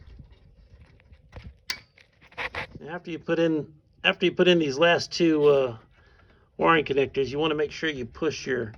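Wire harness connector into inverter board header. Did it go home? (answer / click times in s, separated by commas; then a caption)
yes / 1.7 s. A wiring harness connector is pushed into the header on a new inverter board of a GE front load washer. It gives one sharp click at 1.7 s, with a few faint ticks around it, and the connector is seated. Someone talks afterward.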